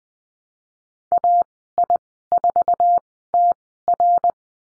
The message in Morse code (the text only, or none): AI4TR